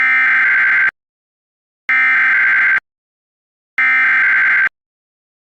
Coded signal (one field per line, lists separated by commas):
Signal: Emergency Alert System (SAME) tones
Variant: header bursts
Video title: EAS Scenario 15: Pac-Man VS Team Sonic